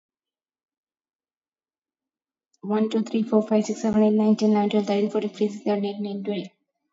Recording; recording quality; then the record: counting at a fast pace; excellent, no background noise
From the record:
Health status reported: exposed to COVID-19, no respiratory illness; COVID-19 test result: negative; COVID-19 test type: RT-PCR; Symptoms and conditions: sore throat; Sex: female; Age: 22 years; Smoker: no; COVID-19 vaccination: one dose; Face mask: not worn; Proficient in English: yes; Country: India